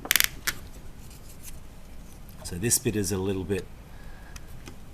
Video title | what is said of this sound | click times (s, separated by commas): Smart Home Guided Construction | So it'll just snap in. | 0.1 s, 0.2 s